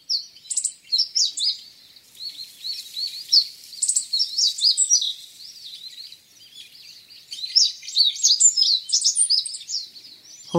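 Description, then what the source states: Meadow bunting song: repeated bursts of high, varied chirps and short trills over about ten seconds, with quieter gaps between phrases and a sharp click at the end. Recorded on the Senami coast, Niigata Prefecture, Japan.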